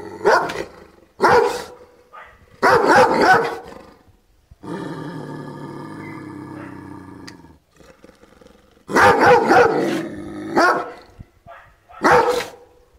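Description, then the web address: Dog barking in irregular bursts, sharp loud barks separated by pauses, with a steadier harmonic sound in the middle stretch. "cao a ladrar som de cao a ladrar ouvir"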